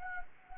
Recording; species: mosquito wingbeat signal from an infrared sensor; Anopheles gambiae